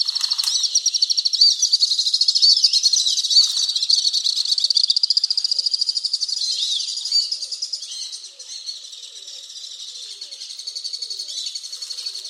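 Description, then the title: Alpine swift song, sustained high-pitched trilling, strongest early and slowly weakening toward the end. "Le chant du martinet à ventre blanc"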